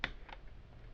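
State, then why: Seated. A port lock on an Ikelite underwater camera housing for the Sony A7R II is slid back until it clicks down, locking the port onto the housing. A sharp click sounds at 0.0 s, followed by a fainter tick around 0.3 s. The port lock is seated.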